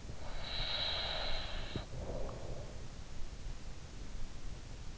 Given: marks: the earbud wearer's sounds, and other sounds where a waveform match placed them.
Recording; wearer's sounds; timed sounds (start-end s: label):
sounds in sleep by an in-ear microphone; snoring breath
0.14-2.98 s: snoring breath